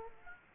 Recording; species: mosquito wingbeat signal from an infrared sensor; Aedes aegypti